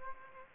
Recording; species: mosquito wingbeat signal from an infrared sensor; Aedes aegypti